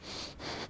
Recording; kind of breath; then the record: one breath in and out by a microphone near the nose and mouth; strong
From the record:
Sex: male